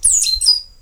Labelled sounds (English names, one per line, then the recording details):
Stitchbird song
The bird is a male
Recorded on Tiritiri Matangi Island, New Zealand, in 2005
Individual 19, of nest box 27